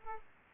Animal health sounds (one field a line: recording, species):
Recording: mosquito wingbeat signal from an infrared sensor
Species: Aedes aegypti